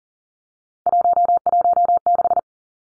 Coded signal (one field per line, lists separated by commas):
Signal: Morse code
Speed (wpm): 40 wpm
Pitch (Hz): 700 Hz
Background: none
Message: 116